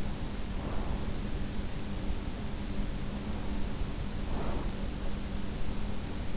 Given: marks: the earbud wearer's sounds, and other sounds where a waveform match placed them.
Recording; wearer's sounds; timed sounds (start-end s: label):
sounds in sleep by an in-ear microphone; breath
0.32-1.25 s: breath
4.13-5.23 s: breath